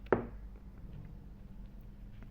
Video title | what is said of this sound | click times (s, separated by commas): Coin through pencil magic trick revealed. How to make | And as the coin goes in, you can hear it click down into the section below | 0.1 s